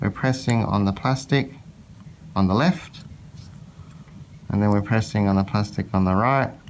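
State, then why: Not seated. A removable orthodontic appliance with an acrylic plate is pressed onto the upper teeth, first on the left side of the plastic and then on the right, while someone talks. Nothing has seated or clicked yet; the appliance is still being handled, not yet snapped in on the right side.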